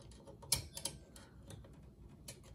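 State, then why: Seated. A metal retaining clip on the CPU heat sink of a Power Macintosh G4 Quicksilver, being re-installed after re-pasting, is pressed down and bent outward onto the processor module mount on the G4 logic board. It snaps into place with a sharp click at 0.5 s, followed by two quieter ticks near 0.8 s and 0.9 s over low background noise. The clip is seated.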